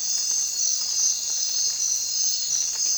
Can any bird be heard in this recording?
no